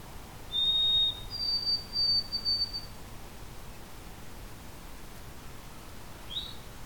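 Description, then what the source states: White-throated sparrow song: a clear, pure whistle steps up to a longer, higher held note that breaks into short wavering pieces, then a faint whistle near the end. Two white-throated sparrows singing; the song's mnemonic is 'oh sweet Canada, Canada'.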